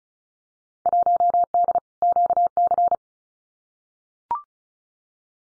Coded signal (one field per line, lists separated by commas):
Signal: Morse code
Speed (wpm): 34 wpm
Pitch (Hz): 700 Hz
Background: none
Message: 1D QC